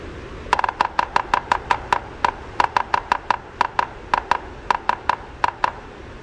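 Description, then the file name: Red-breasted sapsucker drumming, a series of crisp knocks, a rapid opening flurry followed by irregularly spaced strikes continuing for about five seconds. "RBSA drumming"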